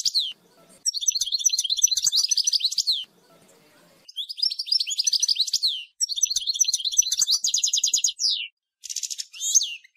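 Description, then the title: European goldfinch song, long runs of rapid liquid twittering and buzzy trills with brief breaks, bright and high, in a quiet setting. "Chant Chardonneret"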